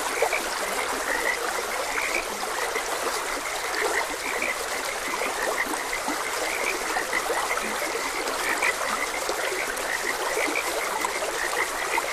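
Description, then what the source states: Many frogs croak in short, clipped notes that keep coming without pause, layered over a steady hiss of running water. Frogs croaking beside a gentle stream.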